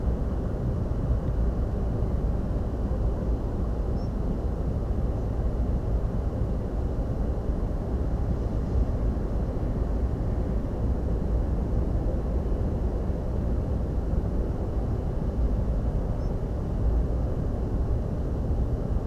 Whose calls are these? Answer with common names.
Spotted Flycatcher